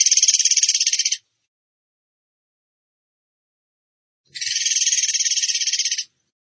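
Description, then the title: Bird producing two bursts of fast, high buzzy trilling, the second longer, separated by roughly three seconds of quiet. Masteran (training recording) in tembakan gacor style. "Masteran Burung Tembakan Gacor"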